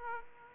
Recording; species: mosquito wingbeat signal from an infrared sensor; Aedes aegypti